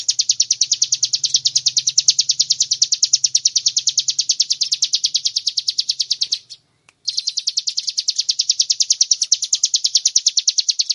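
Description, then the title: Bar-winged prinia delivering fast, even series of sharp high notes, with one short pause, over a low humming sound during the first half. Used to train cage birds. "Masteran Ciblek"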